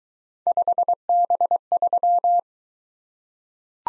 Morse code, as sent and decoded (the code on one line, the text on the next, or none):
..... -... ...--
5B3